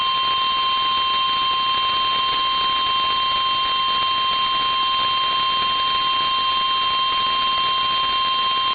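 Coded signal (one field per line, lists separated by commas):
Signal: Emergency Alert System (SAME) tones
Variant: 1050 Hz attention tone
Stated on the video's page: NOAA Weather Radio station WXJ40 in Concord broadcasting a Severe Thunderstorm Warning.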